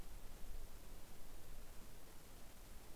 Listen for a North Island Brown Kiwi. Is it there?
no